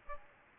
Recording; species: mosquito wingbeat signal from an infrared sensor; Aedes albopictus